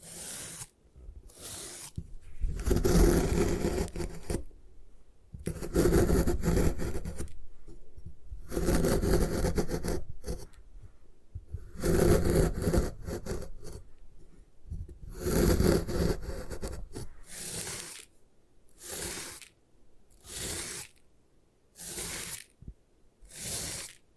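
Gym chalk being crushed and rubbed in repeated gritty scraping bursts, longer at first, then shorter and quicker, with quiet pauses between.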